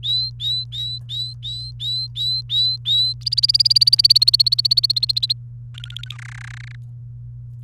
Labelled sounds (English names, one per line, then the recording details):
Domestic Canary song
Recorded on 28 April 2018 at 14:30
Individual llb3